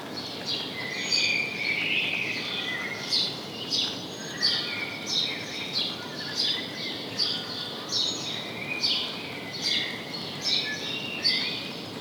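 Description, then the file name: House sparrow chirps, sharp and frequent, coming in loose runs against constant background noise. "Passer domesticus"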